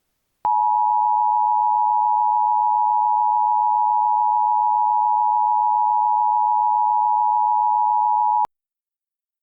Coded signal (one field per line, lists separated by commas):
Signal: Emergency Alert System (SAME) tones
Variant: 853 and 960 Hz attention tone